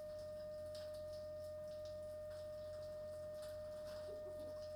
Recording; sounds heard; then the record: poultry house recording; healthy chickens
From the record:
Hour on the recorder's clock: 21